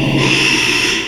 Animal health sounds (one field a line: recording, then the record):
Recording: squeal of a Yucatan mini pig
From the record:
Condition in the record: after surgery on the right vocal fold (resection and tissue-engineered implant)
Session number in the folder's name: 1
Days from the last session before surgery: 6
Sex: male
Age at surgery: 12 weeks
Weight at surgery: 13 kg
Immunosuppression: cyclosporine, prednisolone